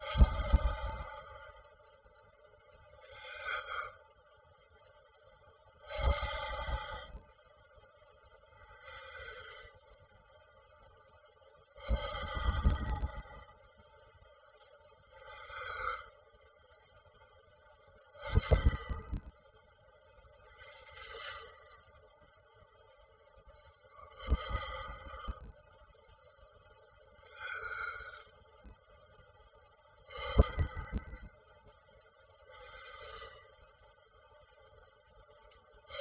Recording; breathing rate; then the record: paced breathing near a phone; 10 breaths a minute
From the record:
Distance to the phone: 20 cm